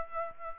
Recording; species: mosquito wingbeat signal from an infrared sensor; Aedes aegypti